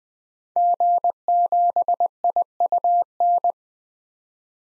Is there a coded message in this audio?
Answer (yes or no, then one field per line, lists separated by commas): yes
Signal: Morse code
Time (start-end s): 0.6-3.5 s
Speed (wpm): 21 wpm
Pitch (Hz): 700 Hz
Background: none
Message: G7IUN